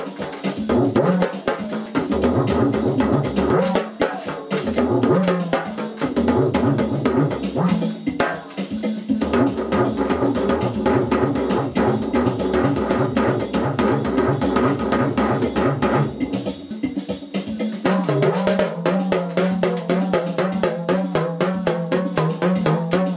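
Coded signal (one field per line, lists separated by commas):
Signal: talking drum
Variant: English nursery rhymes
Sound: rapid talking-drum strokes with rising and falling pitch, following speech-like rhythm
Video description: My Remo Talking drum recites 2 old nursery rhymes; Baa, baa, black sheep, have you any wool?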